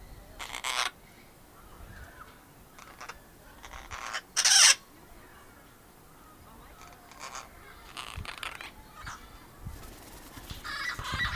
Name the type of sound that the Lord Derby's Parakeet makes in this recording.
call